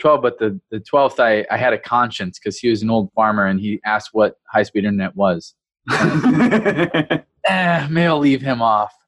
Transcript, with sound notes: but the 12th, I had a conscience 'cause he was an old farmer, and he asked what high-speed internet was... [chuckle] I was like, “Man, I'll leave him off.”